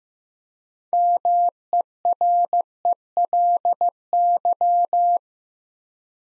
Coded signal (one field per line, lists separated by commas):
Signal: Morse code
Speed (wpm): 15 wpm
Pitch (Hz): 700 Hz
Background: none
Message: MERELY